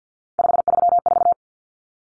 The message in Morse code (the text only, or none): 534